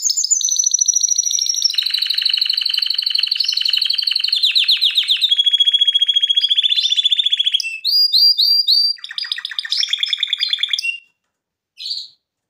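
Canary song: long loud rolling trills shift through different pitches, then quick repeated chip notes and rattles, ending in silence and one last short note.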